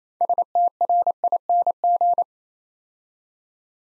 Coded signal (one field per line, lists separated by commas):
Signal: Morse code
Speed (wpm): 27 wpm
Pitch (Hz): 700 Hz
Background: none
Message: STRING